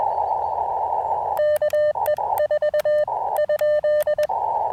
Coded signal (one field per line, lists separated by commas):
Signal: Morse code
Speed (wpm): 21 wpm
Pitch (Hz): 590 Hz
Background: radio noise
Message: KE4?